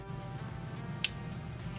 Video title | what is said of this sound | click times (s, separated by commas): CANON E250D SL3 Camera unboxing//product review. | once you hear the click you know that the lens is attached to the camera | 1.0 s